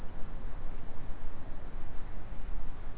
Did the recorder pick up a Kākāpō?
no